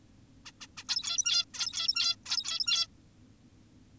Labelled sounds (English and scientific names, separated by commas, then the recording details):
Zebra Finch (Taeniopygia guttata)
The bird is an adult
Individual g17y2U